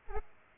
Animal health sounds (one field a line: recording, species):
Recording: mosquito wingbeat signal from an infrared sensor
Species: Aedes aegypti